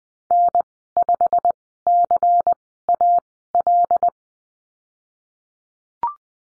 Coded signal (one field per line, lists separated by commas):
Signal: Morse code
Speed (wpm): 19 wpm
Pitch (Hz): 700 Hz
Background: none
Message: N5CAL